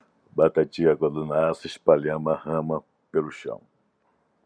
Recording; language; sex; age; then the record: short text; Brazilian Portuguese; male; 40 to 49 years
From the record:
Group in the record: control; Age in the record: 49 years